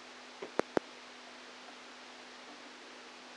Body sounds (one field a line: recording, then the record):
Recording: brain microelectrode recording played as sound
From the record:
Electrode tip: outside the subthalamic nucleus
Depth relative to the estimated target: -4 mm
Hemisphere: left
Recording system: NeuroSet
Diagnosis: Parkinson's disease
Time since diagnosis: 13 years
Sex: male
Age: 49 years